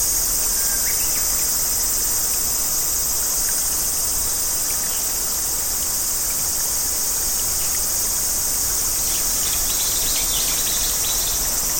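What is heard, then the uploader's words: Summer cicadas drone in a dense, unbroken wall of high, hissing sound that holds steady for the whole stretch without pause or swell. Faint bird chirps flicker through now and then, more often near the end, with a low outdoor rumble underneath. SUMMER CICADAS. Japanese Garden.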